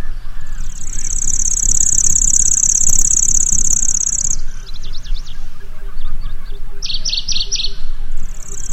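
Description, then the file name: Lanceolated warbler song, a very high, insect-like reeling trill held for several seconds, then short buzzy bursts, over steady low traffic rumble. Song and calls. "suara kicauan dan panggilan kecici lurik"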